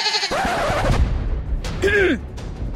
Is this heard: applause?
no